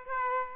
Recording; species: mosquito wingbeat signal from an infrared sensor; Aedes aegypti